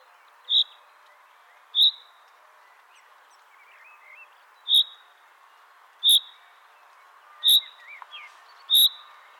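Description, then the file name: Common chaffinch giving short, sharp high calls repeated roughly every one to one and a half seconds, with one longer gap of about three seconds, six notes, with faint softer bird notes and steady background hiss. "Fringilla coelebs"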